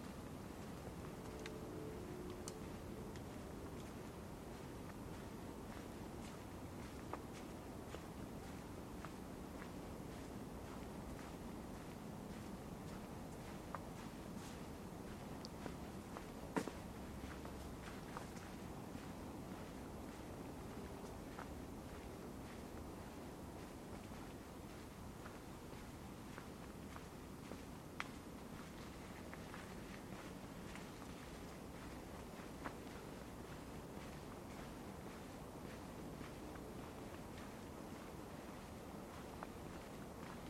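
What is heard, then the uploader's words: Winter ambience in a forest park: a steady, dense low rumble like wind or far traffic holds unchanged throughout. Faint scattered clicks and ticks pop up now and then, with a slightly sharper knock around sixteen seconds. Forest Park in Winter.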